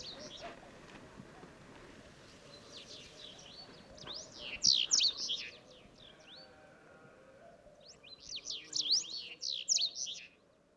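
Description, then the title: Sahara bunting song, a couple of quick bursts of bright, sweeping whistles with quieter gaps between, and faint clicks at the start. Several birds singing unseen among heaps of stones in old town ruins at sunrise, Wadan, Mauritania, 23 February 2019. "Bruant du Sahara - Mauritanie"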